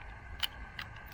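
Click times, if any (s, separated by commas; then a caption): none. A bolt handle is being fitted to the left side of a straight-pull rifle bolt with the release button pressed in. Two brief, sharp handling ticks are heard near 0.4 s and 0.8 s over a steady low background. Nothing has seated or clicked yet; the handle has not locked into place.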